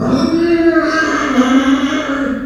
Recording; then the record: squeal of a Yucatan mini pig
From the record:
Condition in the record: after surgery on the right vocal fold (resection and tissue-engineered implant); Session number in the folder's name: 11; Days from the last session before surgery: 98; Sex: female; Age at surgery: 19 weeks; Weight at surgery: 25 kg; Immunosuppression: prednisolone